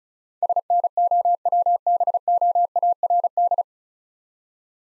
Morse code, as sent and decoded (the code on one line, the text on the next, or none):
... -. --- .-- -... --- .- .-. -..
SNOWBOARD